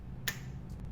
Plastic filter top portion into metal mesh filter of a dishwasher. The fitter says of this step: the top portions then snap back into the metal mesh